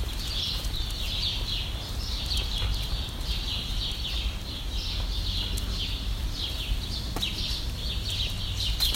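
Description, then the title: Bird chirps run almost continuously, a busy chatter of high quick notes above constant low background hum. "Birds Chirping Meditation"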